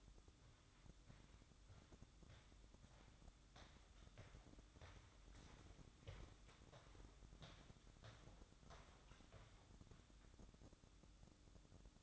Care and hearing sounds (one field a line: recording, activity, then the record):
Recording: daily activity, microphone in the room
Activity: walk to room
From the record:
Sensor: 3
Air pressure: 1008.2 hPa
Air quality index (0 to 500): 132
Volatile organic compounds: 2 ppm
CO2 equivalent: 1092 ppm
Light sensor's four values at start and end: 10/24/10/9 and 10/24/10/9